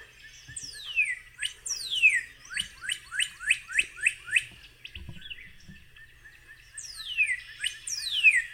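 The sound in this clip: Northern Cardinal song: loud, clear whistles slurring steeply downward, then a quick run of rising chip-like notes, a short pause, and more falling whistles.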